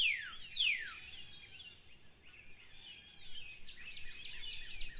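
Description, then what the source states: Bird calls: two quick downward-sweeping whistles at the start, then a running background of high chirps and twitters. In spring.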